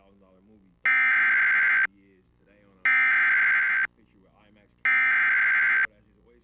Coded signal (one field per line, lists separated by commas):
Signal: Emergency Alert System (SAME) tones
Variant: header bursts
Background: speech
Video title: (EAS #69) WDTV - Severe Thunderstorm Warning For Randolph, WV (4/14/2025)